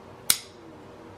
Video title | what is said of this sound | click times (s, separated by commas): ULANZI G8-5 Vlog Metal Cage for GoPro 8 | this little piece is going to slide back down over there locks into place | 0.3 s